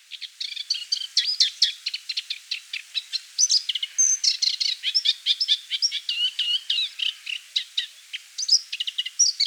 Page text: Moustached Warbler Song. Quick Sounds